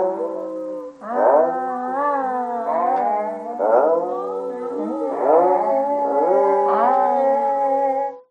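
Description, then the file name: Seal wailing in a series of moaning calls, each starting with a harsh rising burst and then sliding down, repeated several times. "audio hero Seal"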